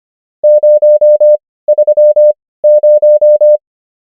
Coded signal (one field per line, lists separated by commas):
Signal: Morse code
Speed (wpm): 25 wpm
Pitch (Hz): 600 Hz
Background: none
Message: 0 3 0